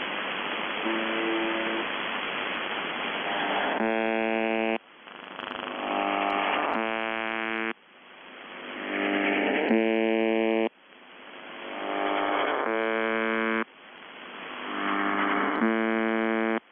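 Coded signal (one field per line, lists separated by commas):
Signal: channel marker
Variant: UVB-76 (The Buzzer)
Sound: short harsh one-second buzzes repeating every three seconds, five in the clip, over hiss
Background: radio static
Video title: The Buzzer/UVB-76(4625Khz) April 22, 2021 Voice messages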